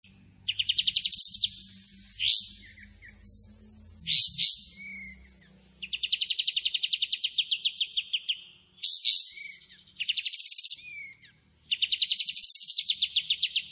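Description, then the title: Pied Triller in lively song, alternating long rapid trills with loud sharp upswept notes and a thin sustained whistle, the trills repeated several times. Lively singing bird with long 'tembakan' and 'besetan' song phrases; clear recording used as tutor audio for training white-rumped shamas. "KAPAS TEMBAK GACOR TEMBAKAN DAN BESETAN PANJANG"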